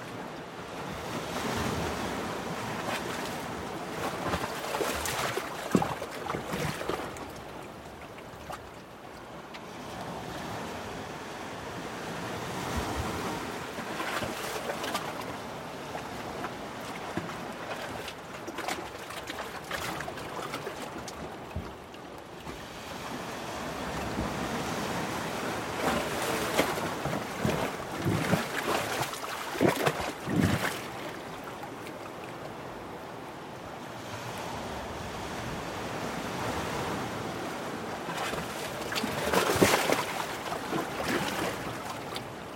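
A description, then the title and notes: Seawater surges into a small rocky hollow, sloshing and gurgling as it fills and drains. The churning is continuous, with sharper splashes and glugs breaking through around 5, 25–30 and 40 seconds over a steady wash of surf. Coastal Hollow - Glugs. The water comes in, fills a little hollow area about 4 feet deep and two feet wide. The it drains out with a shlorky-wet "glurg-g-g-g-g".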